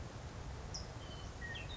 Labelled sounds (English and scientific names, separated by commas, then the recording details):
California Towhee (Melozone crissalis)
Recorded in Sonoma County, California